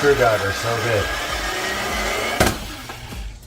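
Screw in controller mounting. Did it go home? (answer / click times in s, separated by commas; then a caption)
no / 2.4 s. A screw in a controller mounting is turned with a screwdriver during a controller swap while someone talks over a low background hum. A sharp hit sounds at 2.4 s, and the screw head is stripped.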